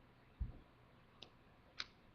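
A new battery sits plus side down in a hearing aid's small plastic battery door, and the door is clipped closed. After a soft low thump near 0.4 s, two short, sharp clicks sound at 1.2 s and 1.8 s. The battery door is seated shut with the battery inside.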